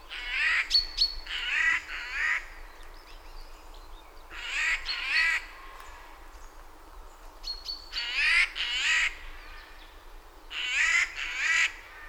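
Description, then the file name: Eurasian jay giving harsh, rasping screeches in short bursts, often paired, separated by pauses of a few seconds, with faint thin calls between. "Garrulus glandarius"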